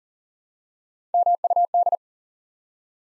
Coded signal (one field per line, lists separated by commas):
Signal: Morse code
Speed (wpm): 38 wpm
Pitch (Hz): 700 Hz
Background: none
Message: MUD